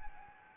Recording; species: mosquito wingbeat signal from an infrared sensor; Anopheles arabiensis